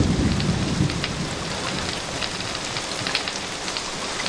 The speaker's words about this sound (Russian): Теперь к всполохам быстро приближающейся грозы прибавилось недовольное ворчание грома, и внезапно хлынул ливень.